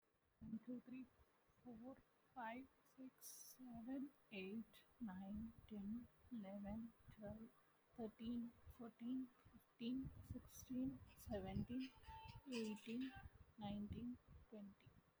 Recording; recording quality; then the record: counting at a normal pace; excellent, no background noise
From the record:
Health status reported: healthy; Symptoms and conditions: cough, breathing difficulty, sore throat, fever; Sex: female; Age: 38 years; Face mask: not worn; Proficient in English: yes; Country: India